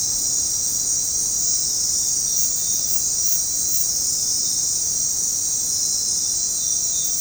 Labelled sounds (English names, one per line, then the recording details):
none
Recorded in dense forest near Puerto Asís, Putumayo, Colombia, on 20 February 2024 at 21:30
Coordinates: 0.503, -76.322
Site G6418